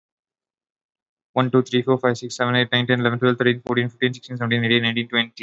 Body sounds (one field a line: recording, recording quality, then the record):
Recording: counting at a fast pace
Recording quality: excellent, no background noise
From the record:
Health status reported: exposed to COVID-19, no respiratory illness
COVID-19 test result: negative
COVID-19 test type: RT-PCR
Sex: male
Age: 22 years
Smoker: no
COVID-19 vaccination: one dose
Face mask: worn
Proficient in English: yes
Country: India